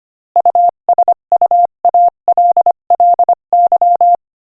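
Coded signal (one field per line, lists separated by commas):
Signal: Morse code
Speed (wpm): 25 wpm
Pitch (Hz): 700 Hz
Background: none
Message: USUALLY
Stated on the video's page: Morse code practice at 25 wpm, sending inspirational quotations.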